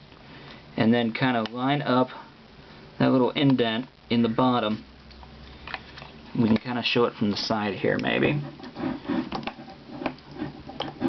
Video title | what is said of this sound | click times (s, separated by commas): S&W Model 438 Range Report & Crimson Trace Grip Installation | And it just kind of snaps into place that way. | 10.8 s